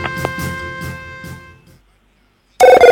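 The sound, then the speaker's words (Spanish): A tonal musical passage with rhythmic hits fades into a brief silence, then a loud, bright electronic telephone ring from a radio station's phone lines bursts in abruptly at the very end. “8:49, los teléfonos de la radio.”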